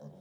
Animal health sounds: pig call; piglet (1 to 25 days)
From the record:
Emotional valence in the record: negative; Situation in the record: short isolation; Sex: female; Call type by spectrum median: low-frequency call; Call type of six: low-frequency stable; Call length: 0.21 s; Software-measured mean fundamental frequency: 50 Hz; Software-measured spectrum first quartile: 168 Hz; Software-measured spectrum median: 289 Hz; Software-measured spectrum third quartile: 594 Hz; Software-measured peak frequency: 207 Hz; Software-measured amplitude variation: 113 dB a second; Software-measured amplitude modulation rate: 18.8 a second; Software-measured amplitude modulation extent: 6.0 dB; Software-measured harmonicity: 1.2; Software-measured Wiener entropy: 0.10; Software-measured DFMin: 1105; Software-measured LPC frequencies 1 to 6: 522, 3175, 3845, 5573, 6858, 8858 Hz

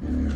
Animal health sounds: pig call; growing-finishing pig (85 days or more)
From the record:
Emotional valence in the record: negative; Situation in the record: barren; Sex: male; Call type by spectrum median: low-frequency call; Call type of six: low-frequency stable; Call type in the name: low-frequency stable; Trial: 4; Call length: 0.36 s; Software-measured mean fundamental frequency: 42 Hz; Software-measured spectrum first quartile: 74 Hz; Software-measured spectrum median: 169 Hz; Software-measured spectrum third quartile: 282 Hz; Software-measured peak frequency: 67 Hz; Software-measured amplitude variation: 95 dB a second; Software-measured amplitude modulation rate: 27.7 a second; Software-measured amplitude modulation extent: 3.4 dB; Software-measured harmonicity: -1.4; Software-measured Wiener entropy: -0.77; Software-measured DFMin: 1062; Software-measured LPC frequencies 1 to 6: 278, 1492, 2952, 4295, 5830, 6430 Hz

